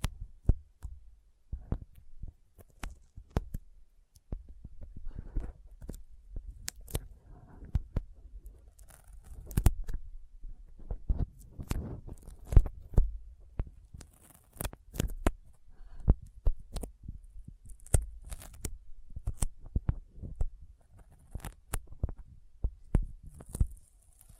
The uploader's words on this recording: ASMR Intense Sticky Finger Sounds (No Talking).